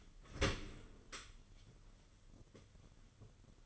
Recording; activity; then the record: daily activity, microphone in the room; open dishwasher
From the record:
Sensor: 4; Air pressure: 995.2 hPa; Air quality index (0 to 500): 212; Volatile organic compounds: 239 ppm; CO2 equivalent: 4330 ppm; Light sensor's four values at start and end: 38/117/44/49 and 38/117/44/50